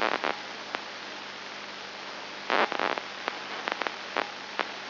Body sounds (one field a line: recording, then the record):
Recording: brain microelectrode recording played as sound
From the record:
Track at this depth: outside the subthalamic nucleus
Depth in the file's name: 5.9 mm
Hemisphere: left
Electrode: 2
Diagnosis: Parkinson's disease